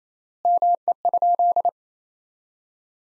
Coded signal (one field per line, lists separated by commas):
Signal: Morse code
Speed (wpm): 28 wpm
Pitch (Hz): 700 Hz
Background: none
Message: ME?